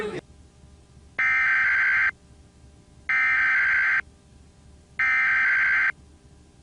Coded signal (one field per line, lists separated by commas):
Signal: Emergency Alert System (SAME) tones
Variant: header bursts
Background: speech